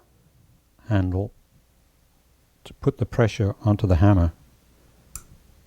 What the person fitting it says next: and you can just hear that click into bent.